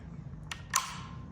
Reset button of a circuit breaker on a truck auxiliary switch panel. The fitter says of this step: push that back down it clicks back into place and it